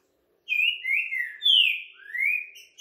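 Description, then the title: Green-winged saltator song, a rich whistled phrase of four drawn-out slurred notes, falling then rising at the end, followed by a brief high chip. Rare song style called curricutil boi boca mole, used to warm up and train a caged saltator for singing contests. "TRINCA FERRO CURRICUTIL BOI BOCA MOLE"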